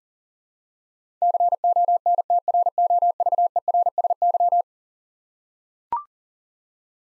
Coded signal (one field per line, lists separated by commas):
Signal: Morse code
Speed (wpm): 37 wpm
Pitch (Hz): 700 Hz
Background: none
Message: CONTROVERSY